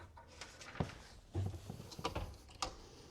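After the door is reinstalled on a Whirlpool WOS51EC0HS wall oven being repaired for not reaching temperature, the two metal locking levers on the oven door hinges are flipped closed. Light taps and handling noise are followed by two sharp metallic clicks at 2.1 s and 2.6 s as the levers latch, and both hinges are seated and locked.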